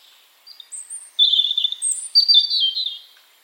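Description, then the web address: European robin giving soft introductory notes, then a loud liquid phrase of thin sustained whistles and warbled trills. "Deverinetal 2025 File origin Bird Only Er Ru"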